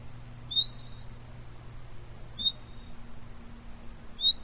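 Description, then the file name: Common nightingale giving a thin, rising whistled hweet that levels into a short flat tail, three calls roughly every two seconds over a low steady hum. "Luscinia megarhynchos"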